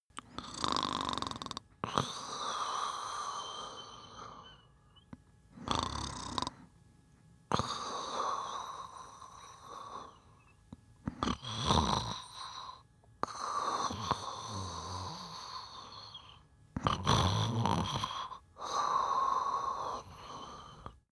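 Loud, rough, rattling snores come in irregular bursts, about seven in 21 seconds, with quieter breathing between them. This is heavy snoring from a sleeping adult man.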